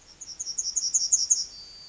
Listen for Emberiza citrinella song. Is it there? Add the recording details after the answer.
yes. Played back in forest. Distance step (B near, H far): D. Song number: 027